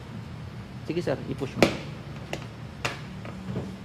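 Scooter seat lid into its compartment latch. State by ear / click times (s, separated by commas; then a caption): seated / 2.9 s. Someone talks as the seat of a Honda PCX 160 ABS scooter is pushed down over its under-seat storage compartment. At 2.9 seconds the seat latch clicks shut, followed by a few quieter knocks. The seat is locked.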